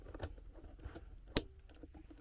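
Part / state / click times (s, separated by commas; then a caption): electrical connector/cover on diesel heater / seated / 1.4 s. The electrical connector cover on an Espar D2 diesel heater is pressed closed by hand while replacing the atomizer screen. After a few faint handling taps and rustles, a single sharp, loud snap rings out at 1.4 s, followed by a brief low tone and quiet background. The connection cover snaps shut and is seated.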